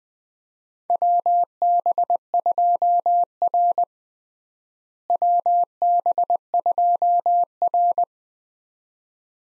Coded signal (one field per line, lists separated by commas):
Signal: Morse code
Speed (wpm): 20 wpm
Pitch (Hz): 700 Hz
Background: none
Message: WB2R WB2R